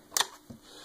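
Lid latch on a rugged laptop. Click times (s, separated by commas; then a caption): 0.2 s. The front lid latch on a rugged CF-29 Toughbook laptop is released to open the lid, giving a single sharp, bright tick at 0.2 s as the latch lets go. A softer, lower thump follows around 0.5 s. The latch is released.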